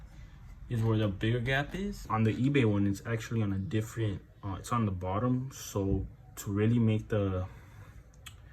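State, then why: Partly seated. Someone talks while fitting an aftermarket replacement light bulb into its housing on the body of a 10th Gen Honda Civic. Two short snap-like clicks follow at 8.1 s and 8.3 s as the bulb is pushed to lock. It only partly locks and does not sit well in the housing, so it may fall out.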